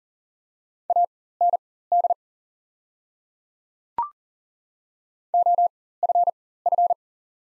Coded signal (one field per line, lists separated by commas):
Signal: Morse code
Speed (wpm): 40 wpm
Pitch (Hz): 700 Hz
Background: none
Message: AND OFF